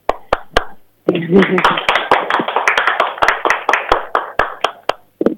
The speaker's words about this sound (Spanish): Ahí el aplauso